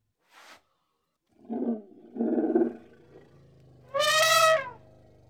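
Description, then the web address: Indian elephant calls: a brief high burst, then two low rumbling grunts in the first seconds, then a loud harmonic trumpet blast near the end, with a steady low hum beneath. Two Indian elephants, in Indian countryside. "BBC Sound Effects Library. India Pakistan Nepal. Two Indian Elephants"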